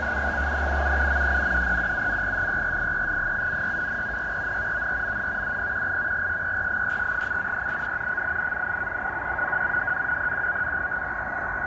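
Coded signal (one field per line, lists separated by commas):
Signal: NAVTEX (SITOR-B)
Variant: 100 baud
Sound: continuous fast warbling two-tone chirping data over hissy radio noise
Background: radio static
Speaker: so this is uh iqaluit nunavut canada this is in the uh northern territories of canada and it's the weather broadcast that was that's i'm hearing tonight on the texan h51x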